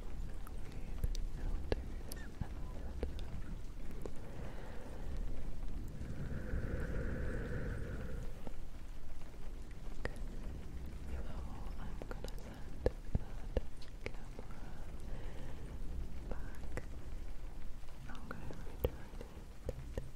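Camera setup with rain and a fluffy mic: a steady low rumble and hiss run throughout, broken by frequent sharp ticks and clicks from handling. Around six to eight seconds a brief muffled tonal sound rises, and scattered rustles and taps continue to the end.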